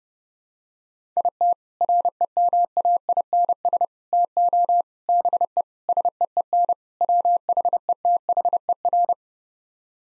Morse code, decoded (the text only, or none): IT REMAINS TO BE SEEN WHETHER